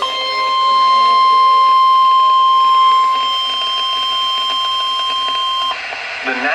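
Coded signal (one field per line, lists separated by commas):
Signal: Emergency Alert System (SAME) tones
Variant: 1050 Hz attention tone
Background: speech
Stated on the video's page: EAS tones for a Severe Thunderstorm Warning.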